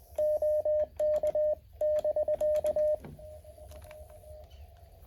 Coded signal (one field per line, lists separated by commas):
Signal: Morse code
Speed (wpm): 20 wpm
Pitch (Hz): 610 Hz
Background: radio noise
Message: OK<BK>